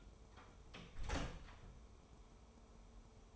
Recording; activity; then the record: daily activity, microphone in the room; close door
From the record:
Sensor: 1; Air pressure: 1015.2 hPa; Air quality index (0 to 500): 159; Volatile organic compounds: 10 ppm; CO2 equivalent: 2206 ppm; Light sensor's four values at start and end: 14/33/14/15 and 14/33/14/15